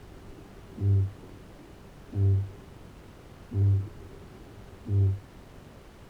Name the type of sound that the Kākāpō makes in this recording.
boom